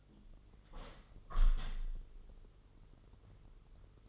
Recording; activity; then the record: daily activity, microphone in the room; open window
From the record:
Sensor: 4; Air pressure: 996.5 hPa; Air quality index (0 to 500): 85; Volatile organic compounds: 4 ppm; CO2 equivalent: 1641 ppm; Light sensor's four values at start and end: 19/53/20/22 and 20/53/21/22